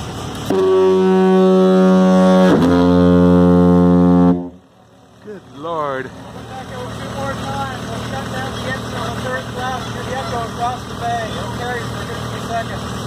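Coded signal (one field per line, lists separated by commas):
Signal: ship horn signal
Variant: diaphone foghorn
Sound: very loud deep droning foghorn blast, about four seconds, then voices chatting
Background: people talking outdoors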